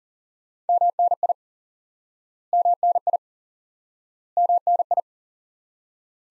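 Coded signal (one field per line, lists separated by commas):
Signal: Morse code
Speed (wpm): 40 wpm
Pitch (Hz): 700 Hz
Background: none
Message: MNI MNI MNI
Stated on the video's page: High-speed QRQ Morse lesson drilling one common QSO element repeated, for instant word recognition.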